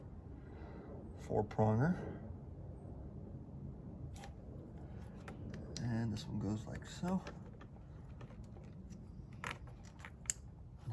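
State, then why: Seated. Someone talks while a four-pin wiring connector from a TCM Motorsports tune harness is pushed into its mating wiring plug on a 2.0L Alfa Romeo Giulia, with scattered small plastic ticks and handling noises. A sharp click at 10.3 s marks the connector snapping in and seating.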